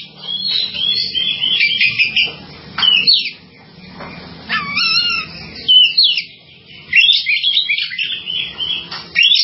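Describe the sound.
Bird singing in quick chattering bursts of chirps and whistled notes.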